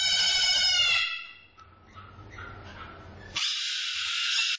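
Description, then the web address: Parrot giving loud, harsh, rasping screeches rich in overtones, a quieter stretch of low rumbling noise between two bursts of screeching. "попугай"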